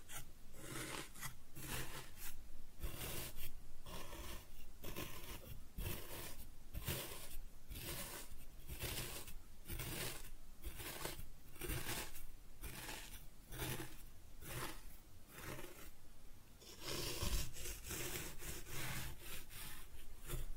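Kinetic sand is cut and scooped in a steady run of gritty, rasping strokes, about two per second, each a bright crunchy scrape.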